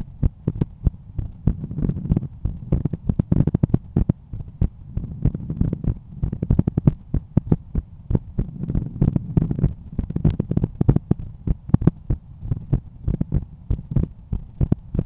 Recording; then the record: heart sounds by stethoscope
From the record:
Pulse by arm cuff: 89 bpm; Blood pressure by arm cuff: 141/91 mmHg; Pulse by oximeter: 91 bpm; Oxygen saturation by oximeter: 97%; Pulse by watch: 92 bpm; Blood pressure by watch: 126/80 mmHg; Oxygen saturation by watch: 97%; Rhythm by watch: sinus rhythm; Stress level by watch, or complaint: low stress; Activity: after 5 min smoking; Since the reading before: plus 4300 steps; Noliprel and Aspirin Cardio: no pills today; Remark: recalibration of the watch 3 / 3 measurements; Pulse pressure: 50 mmHg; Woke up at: 7:00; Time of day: 20:30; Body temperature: 36.4 C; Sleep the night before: 8 h 5 min, score 54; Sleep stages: REM 28%, light 57%, deep 5%, awake 10%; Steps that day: 9800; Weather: cloudy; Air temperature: 15.1 C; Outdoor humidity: 90%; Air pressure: 1014 hPa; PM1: 2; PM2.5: 5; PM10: 7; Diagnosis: hypertension, treated with Noliprel and Aspirin Cardio 100 mg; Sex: male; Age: 53 years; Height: 174 cm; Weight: 81 kg